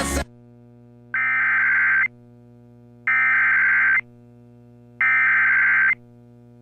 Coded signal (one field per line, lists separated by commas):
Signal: Emergency Alert System (SAME) tones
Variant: header bursts